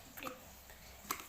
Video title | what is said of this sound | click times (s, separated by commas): Electric Kettle - Unboxing Electric Kettle - How to Make Hot Water,Tea ,Coffee in Electric kettle- | lock ஆகிடும். இது இருக்குன்னா மறுபடியும் இப்படி பண்ணி திறந்துடும். | 1.1 s